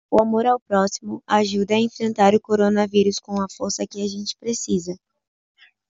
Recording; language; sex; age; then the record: spoken sentence; Brazilian Portuguese; female; 18 to 19 years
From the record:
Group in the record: control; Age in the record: 18 years